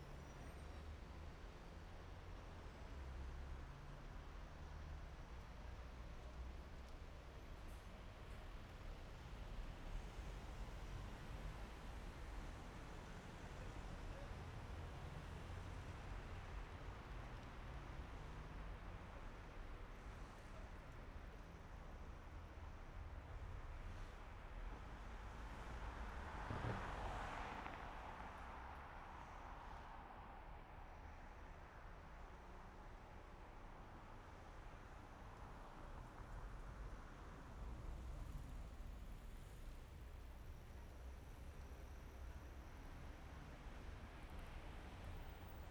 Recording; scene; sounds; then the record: everyday scene through a hearing-aid microphone; in traffic; traffic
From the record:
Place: main city hub, rush hour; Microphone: behind the ear, right, rear